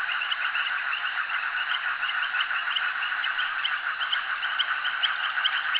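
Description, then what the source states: Frog chorus of countless quick, chattering pulses, steady and unbroken from start to end. Frogs calling at a jetty.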